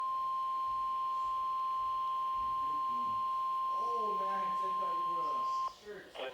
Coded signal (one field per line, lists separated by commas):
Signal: Emergency Alert System (SAME) tones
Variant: 1050 Hz attention tone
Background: speech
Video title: Tornado Warning [EAS #39]